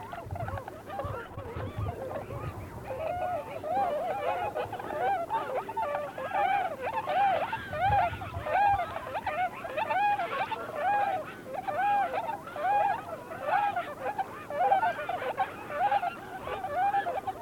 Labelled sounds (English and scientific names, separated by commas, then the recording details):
Tundra Swan (Cygnus columbianus) call
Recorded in the wild
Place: Schwerin, Lewitz, Mecklenburg-Vorpommern, DE
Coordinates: 53.636, 11.401
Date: 1975-03-14 18:00
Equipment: Nagra III BH, Sennheiser MD 21, parabola
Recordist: Schubert, Michael